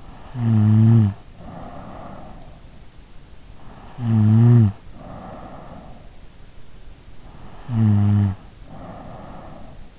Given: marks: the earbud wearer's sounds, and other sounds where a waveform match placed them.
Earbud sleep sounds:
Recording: sounds in sleep by an in-ear microphone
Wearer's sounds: snoring breath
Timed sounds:
0.00-2.53 s: snoring breath
3.32-6.50 s: snoring breath
7.24-9.97 s: snoring breath

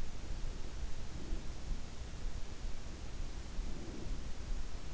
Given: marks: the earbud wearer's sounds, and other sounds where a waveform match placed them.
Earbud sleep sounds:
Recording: sounds in sleep by an in-ear microphone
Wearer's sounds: breath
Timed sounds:
0.95-1.74 s: breath
3.58-4.42 s: breath

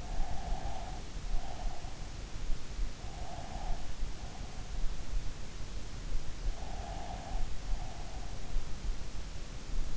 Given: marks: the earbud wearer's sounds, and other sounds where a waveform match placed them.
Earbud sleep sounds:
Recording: sounds in sleep by an in-ear microphone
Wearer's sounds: breath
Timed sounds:
0.00-2.19 s: breath
3.03-4.77 s: breath
6.59-8.40 s: breath

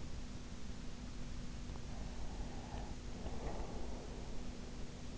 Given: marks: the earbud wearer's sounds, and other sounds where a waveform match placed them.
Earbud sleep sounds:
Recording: sounds in sleep by an in-ear microphone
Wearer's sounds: breath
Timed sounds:
1.66-4.38 s: breath

